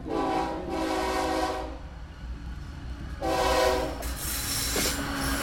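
A freight train rumbles steadily past while its horn sounds two long, loud blasts, the second after a short pause, over the continuous roar of wheels and wagons. The wagons carry no migrants, only a few heavily armed security guards riding on the train.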